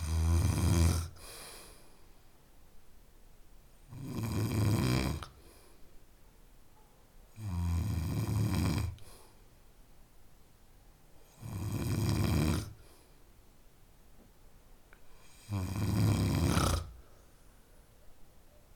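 An adult sleeper snoring in a steady rhythm, about 15 snores a minute: five deep, low-pitched, rumbling snores, each lasting over a second, separated by quiet pauses.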